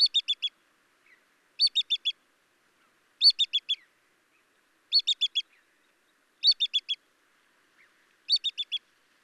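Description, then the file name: Ibisbill calling in short bursts of four clear piping notes, a burst about every one and a half seconds against a quiet background. "Ibisbill Ibidorhyncha struthersii"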